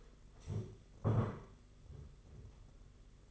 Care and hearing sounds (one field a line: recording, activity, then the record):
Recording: daily activity, microphone in the room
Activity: stand up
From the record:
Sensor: 4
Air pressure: 992.5 hPa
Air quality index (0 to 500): 121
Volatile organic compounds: 31 ppm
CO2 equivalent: 2979 ppm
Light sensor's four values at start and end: 20/72/26/28 and 20/72/26/28